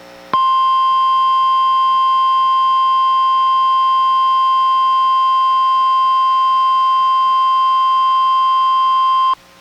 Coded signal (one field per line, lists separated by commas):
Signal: Emergency Alert System (SAME) tones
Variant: 1050 Hz attention tone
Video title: EAS #853: NWR Required Weekly Test- July 26, 2023- 11:00AM PDT